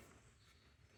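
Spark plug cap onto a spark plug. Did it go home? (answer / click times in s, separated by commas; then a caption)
no / none. A spark plug cap from the ignition coil is handled while being pushed onto a spark plug, with low rumbling and faint scuffing at a steady level. The clip ends before the cap goes home, and nothing has seated or clicked yet.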